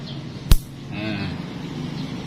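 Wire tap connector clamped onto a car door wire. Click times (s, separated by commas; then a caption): 0.5 s. A wire tap splice connector on the door wiring of a 2017 Toyota Agya 1.200cc, fitted during a four-door power window closer installation, is pressed shut to join the motor lead to the white-yellow wire. It snaps closed with a single sharp, loud click at 0.5 s, and the connector is seated. Someone talks briefly before and after against a low background hum.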